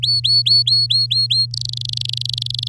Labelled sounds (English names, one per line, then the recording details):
Domestic Canary song
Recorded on 11 May 2018 at 05:44
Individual llb16